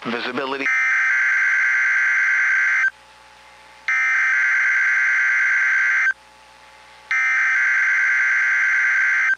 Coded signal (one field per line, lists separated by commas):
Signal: Emergency Alert System (SAME) tones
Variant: header bursts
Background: speech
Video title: Required Weekly Test (EAS#285)